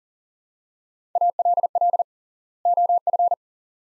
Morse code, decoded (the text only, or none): ALL OF